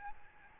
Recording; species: mosquito wingbeat signal from an infrared sensor; Aedes albopictus